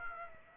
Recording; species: mosquito wingbeat signal from an infrared sensor; Aedes aegypti